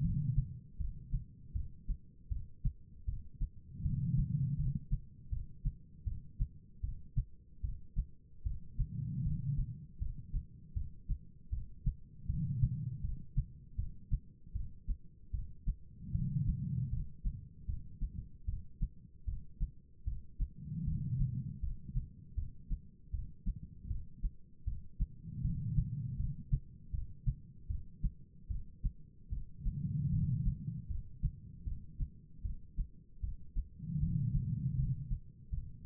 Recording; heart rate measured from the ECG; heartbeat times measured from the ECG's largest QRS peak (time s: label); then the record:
heart sounds by stethoscope; 78 bpm
0.02 s: heartbeat
0.78 s: heartbeat
1.53 s: heartbeat
2.29 s: heartbeat
3.06 s: heartbeat
3.82 s: heartbeat
4.57 s: heartbeat
5.30 s: heartbeat
6.04 s: heartbeat
6.81 s: heartbeat
7.62 s: heartbeat
8.44 s: heartbeat
9.23 s: heartbeat
9.99 s: heartbeat
10.74 s: heartbeat
11.50 s: heartbeat
12.27 s: heartbeat
13.02 s: heartbeat
13.76 s: heartbeat
14.53 s: heartbeat
15.32 s: heartbeat
16.12 s: heartbeat
16.90 s: heartbeat
17.66 s: heartbeat
18.46 s: heartbeat
19.25 s: heartbeat
20.05 s: heartbeat
20.85 s: heartbeat
21.61 s: heartbeat
22.35 s: heartbeat
23.11 s: heartbeat
23.88 s: heartbeat
24.65 s: heartbeat
25.42 s: heartbeat
26.17 s: heartbeat
26.91 s: heartbeat
27.68 s: heartbeat
28.48 s: heartbeat
29.30 s: heartbeat
30.10 s: heartbeat
30.88 s: heartbeat
31.65 s: heartbeat
32.43 s: heartbeat
33.21 s: heartbeat
34.00 s: heartbeat
34.76 s: heartbeat
35.50 s: heartbeat
From the record:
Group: healthy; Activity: rest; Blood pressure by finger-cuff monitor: 160/107 mmHg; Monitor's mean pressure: 129 mmHg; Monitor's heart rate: 78 bpm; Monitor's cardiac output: 4.7 L/min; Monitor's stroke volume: 60 mL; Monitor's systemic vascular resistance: 2070 dyn s/cm5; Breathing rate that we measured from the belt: 14 breaths a minute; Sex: female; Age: 51 years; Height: 162 cm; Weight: 70.04 kg